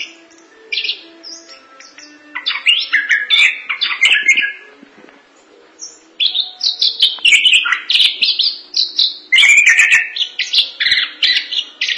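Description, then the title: Thrush: quiet start, then bursts of rich warbled and whistled phrases with clicking notes, a brief lull, then a longer, louder run of phrases. "burung anis"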